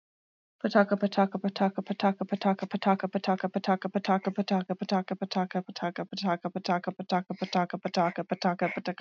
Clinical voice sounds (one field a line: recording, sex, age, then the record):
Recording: repeated syllables /pa ta ka/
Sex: female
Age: 30 to 39 years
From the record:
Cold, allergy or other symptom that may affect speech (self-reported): no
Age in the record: 33 years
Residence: Colorado, United States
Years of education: 12